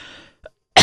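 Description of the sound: A faint fading hiss gives way to a small throat sound, then a single sharp, loud cough burst that cuts off at the end. It is one abrupt, harsh cough from an elderly woman in her 80s with heart disease and high blood pressure, set off by talking, heard over a phone line.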